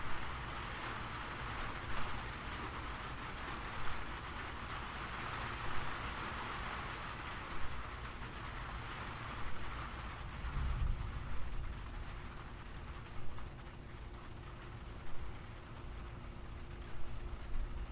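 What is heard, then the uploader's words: Gentle rain falls steadily with a constant hiss, joined by a low rumble and soft recurring taps roughly every two seconds, likely on tin. Gentle Rain and Tin Sounds.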